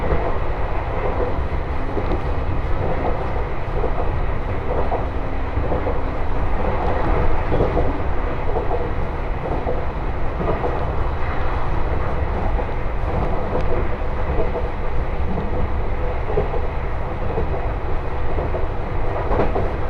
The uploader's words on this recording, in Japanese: 鉄道旅 東北本線 郡山→福島。郡山から福島の間はE721系電車4両編成になり、先ほどまでの混雑ぶりから一息つけた感じです。